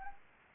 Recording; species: mosquito wingbeat signal from an infrared sensor; Anopheles arabiensis